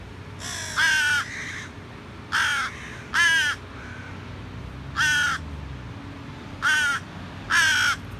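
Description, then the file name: Carrion crow giving six harsh, raspy caws in uneven pairs and singles across eight seconds, with a fainter caw near the start and a steady low hum beneath. "Corvus corone"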